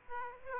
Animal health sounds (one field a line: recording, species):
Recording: mosquito wingbeat signal from an infrared sensor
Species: Aedes aegypti